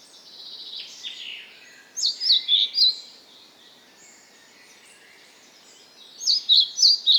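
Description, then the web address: Bird singing in bursts: a soft twitter, then four or five sharp, high chirps, quiet chatter between, and another chirping run at the end. "birdsong 4 14"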